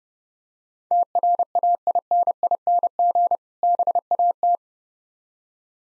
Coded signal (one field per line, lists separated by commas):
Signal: Morse code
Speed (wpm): 33 wpm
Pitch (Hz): 700 Hz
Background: none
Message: TRAINING BAT